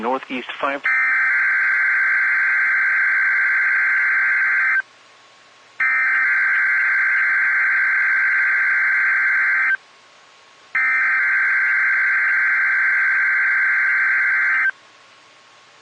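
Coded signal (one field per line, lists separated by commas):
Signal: Emergency Alert System (SAME) tones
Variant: header bursts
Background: speech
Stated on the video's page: NOAA Weather Radio required weekly tests received on a WR120 weather radio receiver that activates late.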